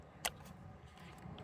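A new ignition coil is slid by hand into the spark plug well of a 2007–2008 Honda Fit engine, the same hole the old coil came out of. A single sharp click at 0.3 s marks the coil seating, over a steady low rumble. The coil is seated.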